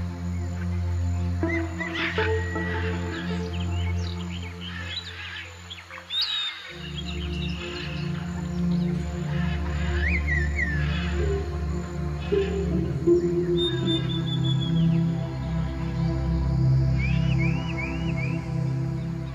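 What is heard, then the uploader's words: A morning forest with scattered bird calls: short whistles, rising and falling chirps, and a quick looping trill near the end. A heavy, steady low hum runs underneath throughout, dropping briefly around seven seconds before returning, with faint rustling between calls. Morning forest.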